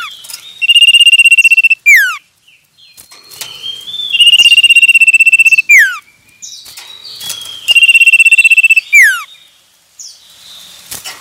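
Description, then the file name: Common iora song: three bouts of a long vibrating whistle, each ending in a quick falling slur, with soft chips and twitters between. Male. "suara burung cipoh jantan"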